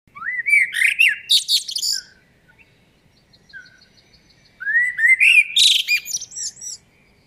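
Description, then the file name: Common blackbird song in two phrases: rising fluted whistles and shrill twittering. A soft, thin trill and brief low notes are heard in the pause. "Turdus merula"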